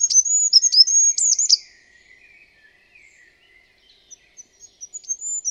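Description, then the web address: Bird song of high, thin whistled notes and quick downslurred chirps for about a second and a half, then faint twittering and scattered short high notes. "birddata Deverinetal 2025"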